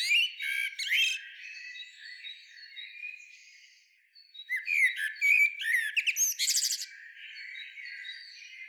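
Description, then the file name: Common blackbird giving scratchy, high twittering bursts, a long lull of faint thin tones midway, then rapid squeaky notes and a harsh buzzy burst. "Turdus merula"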